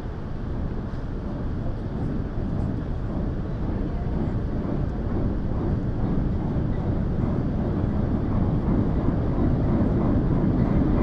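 A ferry crossing recorded on board, with a dense, steady low rumble of engine and machinery filling the whole clip. The drone grows slightly louder toward the end, with faint higher hiss and scattered small clicks above it.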